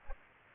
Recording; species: mosquito wingbeat signal from an infrared sensor; Aedes aegypti